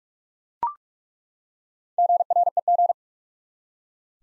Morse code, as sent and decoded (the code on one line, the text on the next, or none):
--. .-. . --.
GREG